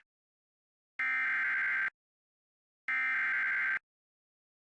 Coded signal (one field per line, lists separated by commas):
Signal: Emergency Alert System (SAME) tones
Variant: header bursts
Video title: (EAS #2,667 - #2,676) THE LONG AWAITED RETURN…. SORTA…. - EAS Alerts from 3/6/26